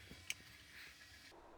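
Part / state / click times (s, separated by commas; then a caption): ribbon cassette into photo printer compartment / seated / 0.3 s. A plastic dye-sublimation ribbon cassette is pushed into the side compartment of an HPRT CP4100 4x6" wireless photo printer, with faint handling sounds around it. A sharp, bright click at 0.3 s marks the cassette snapping into place. It is seated.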